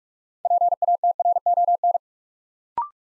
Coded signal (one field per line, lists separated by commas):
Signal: Morse code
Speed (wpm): 44 wpm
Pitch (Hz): 700 Hz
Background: none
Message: PATRON